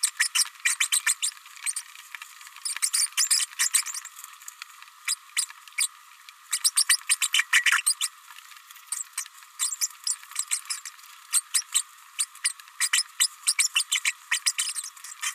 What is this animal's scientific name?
Forpus passerinus